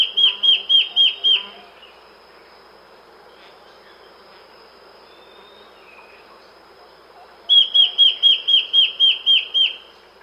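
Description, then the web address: Immaculate antbird singing a fast series of several clear, high, downslurred whistles, repeated after a pause of several seconds, over soft background noise. South America. "Natures Songs S America Immaculate Antbird"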